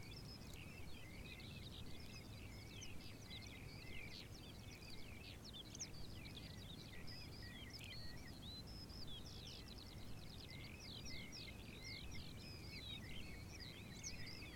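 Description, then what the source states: Birds singing: many overlapping high chirps and trills forming a continuous chorus, with a constant low rumble underneath. Meadow ambience with birds.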